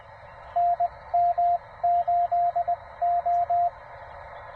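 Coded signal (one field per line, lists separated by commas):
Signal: Morse code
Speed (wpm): 21 wpm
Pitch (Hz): 700 Hz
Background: radio noise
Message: NM8O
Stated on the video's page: CW Parks on the Air activation.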